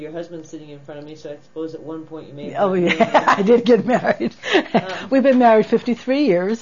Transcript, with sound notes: Your husband's sitting in front of me so I suppose at one point you made that...
(She laughs) Yeah, we did get married. We've been married fifty-three years.